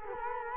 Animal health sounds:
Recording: mosquito wingbeat signal from an infrared sensor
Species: Culex quinquefasciatus

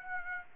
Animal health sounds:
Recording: mosquito wingbeat signal from an infrared sensor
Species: Aedes aegypti

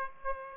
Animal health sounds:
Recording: mosquito wingbeat signal from an infrared sensor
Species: Aedes aegypti

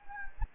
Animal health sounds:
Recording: mosquito wingbeat signal from an infrared sensor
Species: Anopheles gambiae

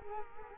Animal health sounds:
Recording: mosquito wingbeat signal from an infrared sensor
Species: Culex quinquefasciatus

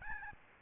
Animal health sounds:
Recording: mosquito wingbeat signal from an infrared sensor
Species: Aedes albopictus

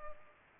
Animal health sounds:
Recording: mosquito wingbeat signal from an infrared sensor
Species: Culex pipiens

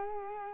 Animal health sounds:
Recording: mosquito wingbeat signal from an infrared sensor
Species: Culex quinquefasciatus

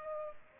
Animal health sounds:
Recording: mosquito wingbeat signal from an infrared sensor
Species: Culex pipiens

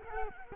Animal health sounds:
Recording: mosquito wingbeat signal from an infrared sensor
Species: Culex quinquefasciatus

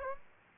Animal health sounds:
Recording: mosquito wingbeat signal from an infrared sensor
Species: Aedes aegypti

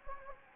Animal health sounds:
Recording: mosquito wingbeat signal from an infrared sensor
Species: Anopheles gambiae

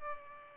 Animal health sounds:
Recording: mosquito wingbeat signal from an infrared sensor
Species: Culex pipiens

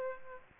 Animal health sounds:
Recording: mosquito wingbeat signal from an infrared sensor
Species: Aedes aegypti

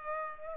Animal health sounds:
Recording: mosquito wingbeat signal from an infrared sensor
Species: Culex pipiens

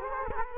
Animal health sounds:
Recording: mosquito wingbeat signal from an infrared sensor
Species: Culex quinquefasciatus

